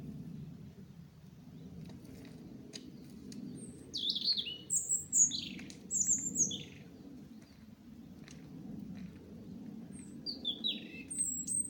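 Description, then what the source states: Bird song in short bursts of sharp high chirps and down-slurred notes, several phrases in the middle and near the end, with constant low background hum. Recorded at Olesa de Bonesvalls.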